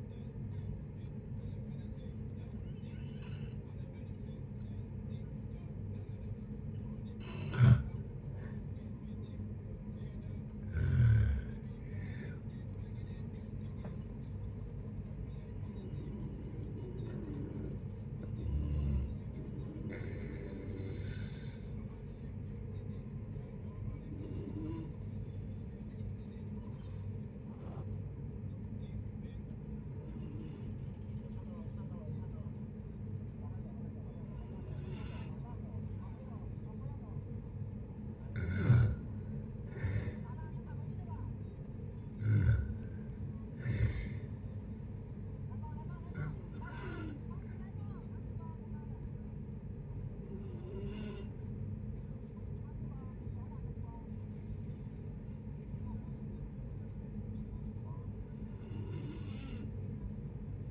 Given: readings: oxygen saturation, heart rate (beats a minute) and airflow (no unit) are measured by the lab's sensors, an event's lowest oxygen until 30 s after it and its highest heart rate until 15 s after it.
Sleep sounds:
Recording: a person awake in a sleep study, by a smartphone at the bedside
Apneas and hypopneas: none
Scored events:
0.00-60.71 s: awake
0.00-60.71 s: awake
From the record:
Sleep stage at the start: awake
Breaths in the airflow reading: 25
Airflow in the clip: -0.7 to 0.7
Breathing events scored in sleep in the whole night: 496 in 5.4 hours asleep

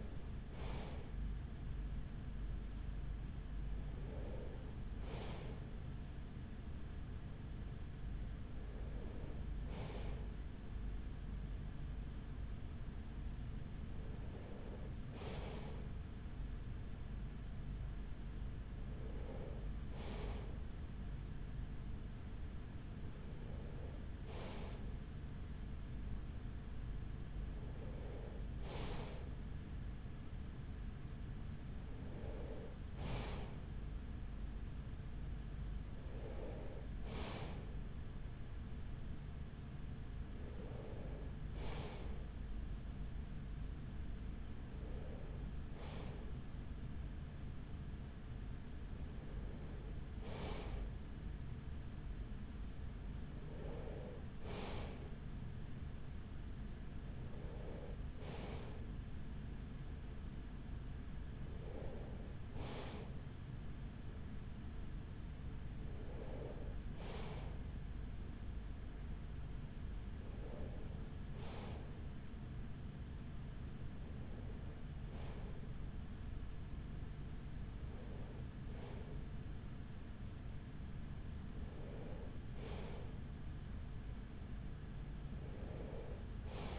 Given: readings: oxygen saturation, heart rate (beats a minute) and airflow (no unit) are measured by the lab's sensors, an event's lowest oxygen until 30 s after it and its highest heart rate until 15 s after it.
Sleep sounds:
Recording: breathing in sleep by a smartphone at the bedside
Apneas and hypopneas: none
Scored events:
30.00-60.00 s: new sleep stage, N2 (light sleep)
60.00-86.79 s: new sleep stage, N3 (deep sleep)
From the record:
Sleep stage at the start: N3 (deep sleep)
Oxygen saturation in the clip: 94 to 95%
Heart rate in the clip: 41 to 46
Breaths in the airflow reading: 20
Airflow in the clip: -6.3 to 5.8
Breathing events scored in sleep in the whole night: 207 in 7.6 hours asleep

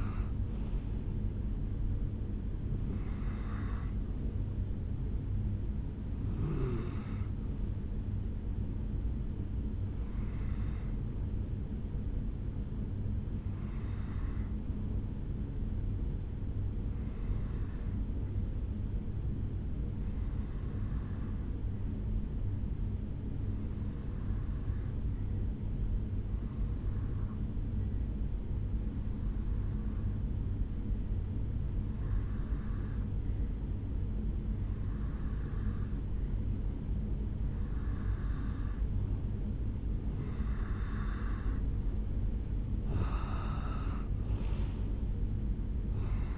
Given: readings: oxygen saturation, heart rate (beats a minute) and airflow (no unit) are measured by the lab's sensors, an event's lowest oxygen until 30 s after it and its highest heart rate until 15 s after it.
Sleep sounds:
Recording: breathing in sleep by a smartphone at the bedside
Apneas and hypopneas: 1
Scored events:
16.00-39.60 s: hypopnea (N1, oxygen 97% highest, then 90% lowest, heart rate 66 at the start, 76 highest)
From the record:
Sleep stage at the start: N1 (lightest sleep)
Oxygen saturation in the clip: 86 to 97%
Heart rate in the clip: 62 to 75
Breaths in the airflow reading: 15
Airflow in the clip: -7.7 to 5.2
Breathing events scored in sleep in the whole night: 449 in 7.0 hours asleep

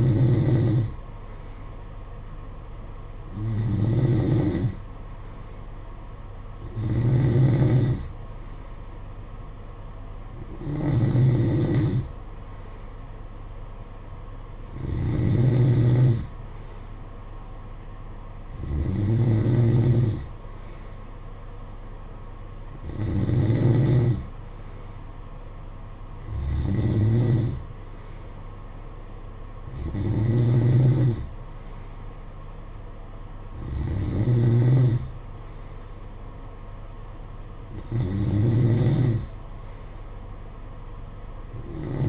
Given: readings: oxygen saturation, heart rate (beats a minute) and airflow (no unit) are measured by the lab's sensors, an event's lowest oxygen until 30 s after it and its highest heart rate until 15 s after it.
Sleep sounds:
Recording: breathing in sleep by a smartphone at the bedside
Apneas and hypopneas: none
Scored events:
31.00-42.09 s: new sleep stage, N3 (deep sleep)
From the record:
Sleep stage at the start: N2 (light sleep)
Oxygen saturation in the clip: 92%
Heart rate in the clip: 54 to 58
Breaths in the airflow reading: 11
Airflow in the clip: -8.9 to 5.7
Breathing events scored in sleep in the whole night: 476 in 9.7 hours asleep

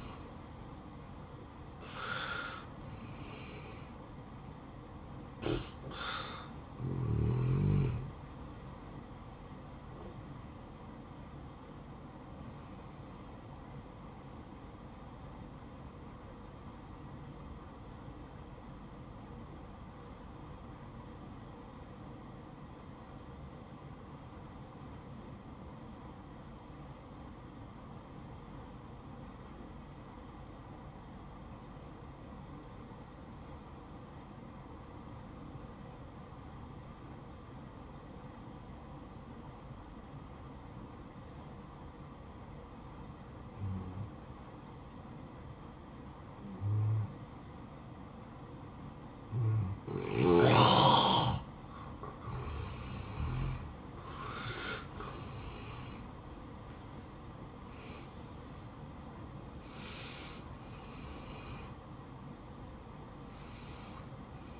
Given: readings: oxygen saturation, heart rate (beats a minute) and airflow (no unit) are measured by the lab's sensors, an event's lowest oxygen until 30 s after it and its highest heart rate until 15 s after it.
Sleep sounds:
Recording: breathing in sleep by a smartphone at the bedside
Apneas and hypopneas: 1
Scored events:
7.00-37.00 s: new sleep stage, N1 (lightest sleep)
18.00-52.60 s: obstructive apnea (N1, oxygen 96% highest, then 84% lowest, heart rate 62 at the start, 77 highest)
37.00-64.60 s: new sleep stage, N2 (light sleep)
From the record:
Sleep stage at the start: N2 (light sleep)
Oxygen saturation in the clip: 84 to 96%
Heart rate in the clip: 59 to 77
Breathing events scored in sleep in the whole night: 573 in 9.8 hours asleep

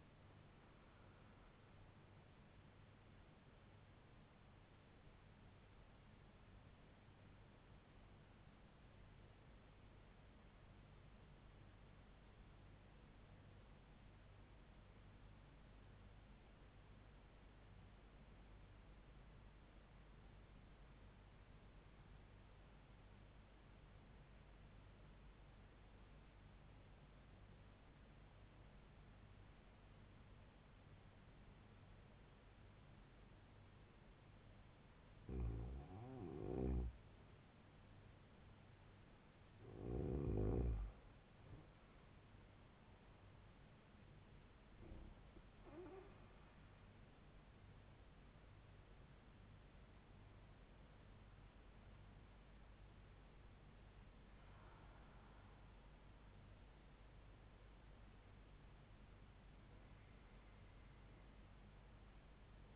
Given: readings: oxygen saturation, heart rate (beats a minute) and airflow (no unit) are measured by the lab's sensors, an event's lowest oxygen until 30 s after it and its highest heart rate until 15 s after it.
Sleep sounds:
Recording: breathing in sleep by a voice recorder at the bedside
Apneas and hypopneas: 1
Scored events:
3.00-35.90 s: hypopnea (REM, oxygen 100% highest, then 93% lowest, heart rate 72 at the start, 84 highest)
From the record:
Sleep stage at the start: REM sleep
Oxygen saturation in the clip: 93 to 100%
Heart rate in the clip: 69 to 84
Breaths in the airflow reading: 11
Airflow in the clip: -4.3 to 6.5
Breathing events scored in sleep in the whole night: 158 in 7.3 hours asleep

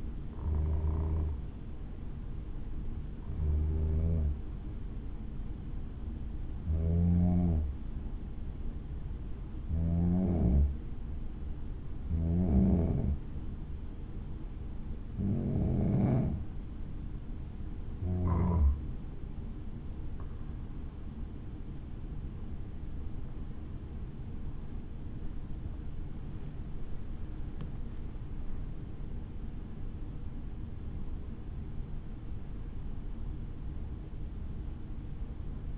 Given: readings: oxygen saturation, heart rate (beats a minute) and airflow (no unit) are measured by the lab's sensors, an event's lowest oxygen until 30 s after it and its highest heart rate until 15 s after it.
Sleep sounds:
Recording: breathing in sleep by a smartphone at the bedside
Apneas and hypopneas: none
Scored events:
2.00-35.78 s: new sleep stage, N2 (light sleep)
From the record:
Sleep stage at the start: N1 (lightest sleep)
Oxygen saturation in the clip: 92 to 93%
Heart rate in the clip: 62 to 78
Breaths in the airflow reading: 13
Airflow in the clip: -8.3 to 8.9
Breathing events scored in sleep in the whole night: 216 in 7.0 hours asleep

